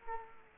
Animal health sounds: mosquito wingbeat signal from an infrared sensor; Culex quinquefasciatus

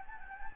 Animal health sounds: mosquito wingbeat signal from an infrared sensor; Anopheles gambiae

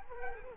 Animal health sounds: mosquito wingbeat signal from an infrared sensor; Culex quinquefasciatus

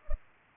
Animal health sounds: mosquito wingbeat signal from an infrared sensor; Culex pipiens

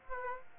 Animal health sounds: mosquito wingbeat signal from an infrared sensor; Aedes aegypti

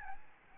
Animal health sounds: mosquito wingbeat signal from an infrared sensor; Aedes albopictus

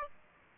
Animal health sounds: mosquito wingbeat signal from an infrared sensor; Aedes aegypti

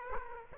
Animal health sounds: mosquito wingbeat signal from an infrared sensor; Aedes aegypti

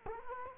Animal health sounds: mosquito wingbeat signal from an infrared sensor; Culex quinquefasciatus

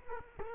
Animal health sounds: mosquito wingbeat signal from an infrared sensor; Culex quinquefasciatus

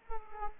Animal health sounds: mosquito wingbeat signal from an infrared sensor; Culex quinquefasciatus

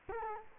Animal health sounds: mosquito wingbeat signal from an infrared sensor; Culex quinquefasciatus

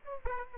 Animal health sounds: mosquito wingbeat signal from an infrared sensor; Aedes aegypti

